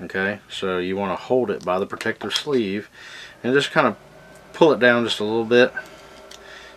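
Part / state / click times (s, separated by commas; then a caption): replaceable blade into folding knife blade holder / seated / 6.3 s. Someone talks while a replaceable steel blade, still in its plastic protective sleeve, is slid down onto a folding knife's blade holder. A short, sharp tick at 6.3 seconds marks the blade clicking and locking into place on the holder.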